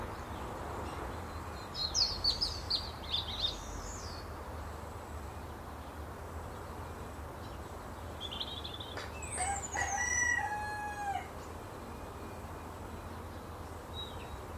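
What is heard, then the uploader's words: A robin sings thin, high, twittering phrases between about two and four seconds, with another short trill near eight seconds. Around nine to eleven seconds a chicken lets out a drawn-out, falling squawk. A steady low rumble runs underneath throughout. Relax to the exquisite song of a robin singing in a country garden at dawn on Christmas Eve – with a chorus of next door's chickens for company. Song of a robin at dawn.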